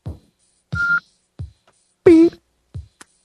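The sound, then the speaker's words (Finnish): A short, steady electronic voicemail beep sounds once at a mid-high pitch, set among a few brief bursts of voice and clatter separated by silence. “Jätä viestisi äänimerkin jälkeen, niin palaan asiaan.”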